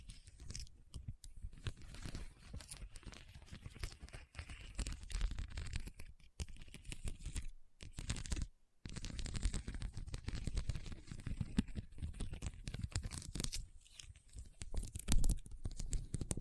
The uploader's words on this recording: ASMR SENSATIONAL RHINESTONE Tapping & Scratching Sounds (No Talking).